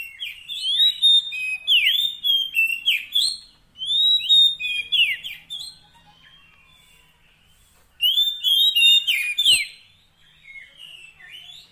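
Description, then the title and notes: Oriental magpie-robin song: bursts of loud, varied whistled phrases with sweeping slurs and chirps, separated by quieter warbling and a short pause. Long-duration 'isian' fill-in song track, meant to make the kacer sing actively day and night. "Kacer Jadi Gacor Siang Malam. Isian Kacer Durasi Panjang"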